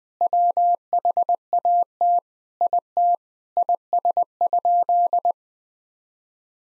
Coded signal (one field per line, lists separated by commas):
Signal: Morse code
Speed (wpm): 21 wpm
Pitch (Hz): 700 Hz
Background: none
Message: WHAT IT IS?